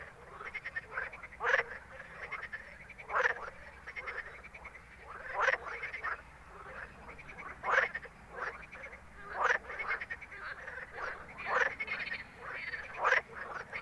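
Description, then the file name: Frog croaks, harsh, repeated irregularly over a steady chorus of fainter croaking in the background. Recorded at night in Ruaudin in 2013. "Grenouilles Ruaudin nuit 2013"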